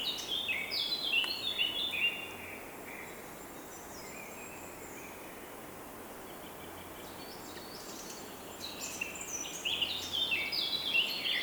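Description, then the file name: Bird singing lively twittering phrases of jumbled high notes, quiet for several seconds midway, then resuming in dense chirpy bursts, with soft hiss throughout. In the morning. "Deep Sleep Sleep Sound Library Body HI - Morning Bird Song"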